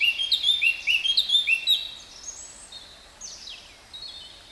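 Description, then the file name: Eurasian blackcap song: a string of loud, clear whistled notes, then softer, fainter warbling. "Sylvia atricapilla"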